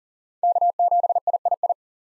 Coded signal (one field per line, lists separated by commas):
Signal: Morse code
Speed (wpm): 40 wpm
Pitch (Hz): 700 Hz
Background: none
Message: K7III